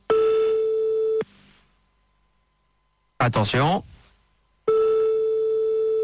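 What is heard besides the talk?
phone call ringing tone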